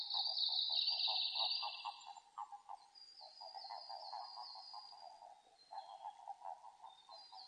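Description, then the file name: Japanese common toad producing fast repeated pulsed croaks in bursts, alongside a strong high whistling tone at the start that gives way to a fainter high tone after about two seconds. Recorded 5 June 2005; identified as the eastern form of the Japanese common toad. "050605 azumahikigaeru"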